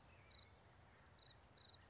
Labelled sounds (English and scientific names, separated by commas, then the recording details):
California Towhee (Melozone crissalis)
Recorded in Sonoma County, California